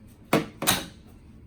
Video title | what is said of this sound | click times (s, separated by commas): Changing Pink Booth Printer Ink | sure when you push it in you're gonna make sure it clicks in and | 0.3 s